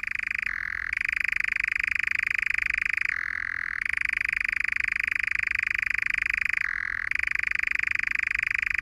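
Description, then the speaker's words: European nightjar churring: a continuous rapid mechanical trill that drops briefly in pitch every few seconds before resuming, steady and unbroken. Rising and falling continuous churring; nocturnal, rarely seen; also called goat sucker; Irish name likens the sound to a spinning wheel; summer visitor to Ireland from African wintering grounds. "That's the rising and falling continuous churring of the nightjar."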